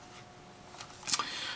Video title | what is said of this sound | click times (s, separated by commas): My Review of the Samsung Q10 HD Camcorder - Part 1 | You're not worried that the c the uh lens cap did not close properly. So once you hear it click you're fine. | 1.1 s